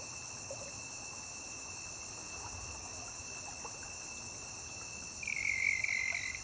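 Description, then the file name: Cricket chirping as a constant high buzz of stacked tones, joined near the end by a louder, rougher trill lasting about a second. Constant cricket chirping recorded on a riverbank. "Grilo constante na beira de rio"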